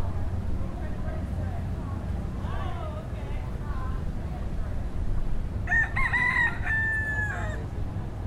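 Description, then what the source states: Rooster crowing, one loud drawn-out cock-a-doodle-doo near the end, after a few faint earlier calls, over a steady low rumble. Roosters in Key West.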